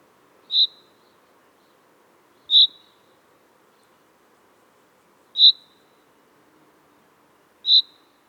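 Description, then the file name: Common chaffinch calling with sharp, clipped single notes at an even high pitch, four notes spaced two to three seconds apart over a quiet background. "Fringilla coelebs"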